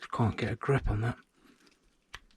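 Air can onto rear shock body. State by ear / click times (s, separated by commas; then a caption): seated / 2.1 s. Someone talks, then an air can is pushed square onto a RockShox Monarch Plus RC3 mountain bike rear shock body with a little twist while gripped with a piece of inner tube. It seats with a single sharp click at 2.2 s, and the can is confirmed home.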